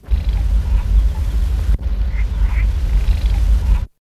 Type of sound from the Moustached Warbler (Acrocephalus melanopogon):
alarm call